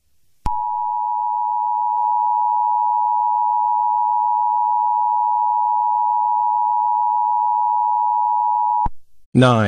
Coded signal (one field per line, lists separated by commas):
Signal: Emergency Alert System (SAME) tones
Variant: 853 and 960 Hz attention tone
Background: speech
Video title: EAS SCENARIO 5| CyberAttack On Electrical Grids